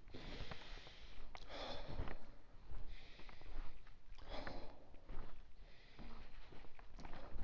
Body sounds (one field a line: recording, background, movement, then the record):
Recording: deep breathing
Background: quiet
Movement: walking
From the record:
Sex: male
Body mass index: 23.7 kg/m2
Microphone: on the chest, facing outward